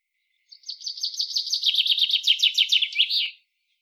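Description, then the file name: Common chaffinch song: a bright, rapid trill descending in steps, closing with a quick flourish, lasting about three seconds. "Fringilla coelebs"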